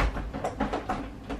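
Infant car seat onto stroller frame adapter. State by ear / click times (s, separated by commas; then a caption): not seated / none. An infant car seat is handled above the car seat adapter on a Chicco Urban 6-in-1 stroller frame, ready to be lowered so it latches at the back. Short knocks and rustling handling noises are heard at about 0.5, 0.6 and 0.9 seconds. Nothing has seated or clicked yet.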